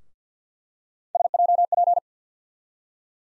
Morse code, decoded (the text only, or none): SJP